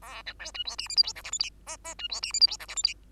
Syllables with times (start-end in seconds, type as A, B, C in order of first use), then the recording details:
0.02-0.23 A, 0.26-0.34 B, 0.39-0.52 C, 0.54-0.64 D, 0.65-0.76 E, 0.78-0.88 F, 0.89-0.96 G, 0.96-1.03 H, 1.03-1.13 I, 1.15-1.23 J, 1.24-1.31 K, 1.32-1.39 L, 1.39-1.50 M, 1.66-1.77 N, 1.84-1.95 N, 1.99-2.08 D, 2.09-2.21 E, 2.22-2.32 F, 2.33-2.40 G, 2.40-2.47 H, 2.47-2.57 I, 2.59-2.67 J, 2.68-2.75 K, 2.76-2.83 L, 2.83-2.94 M. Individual Bird2